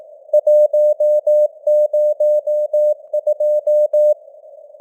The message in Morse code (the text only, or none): 102